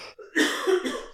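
A single harsh cough burst of about half a second, with a brief second push, follows a short breath in, from an adult woman still recovering from a recent illness. The cough sounds mildly wet and throaty, an ordinary cough. Her coughing is worse at night when lying down, with wheezing.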